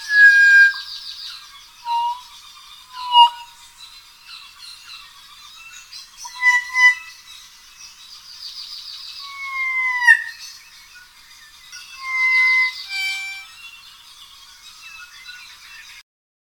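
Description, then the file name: Red-billed leiothrix song: clear slurred whistles rising and falling, mixed with high buzzy chattering bursts, phrases repeated every few seconds. "koralnik"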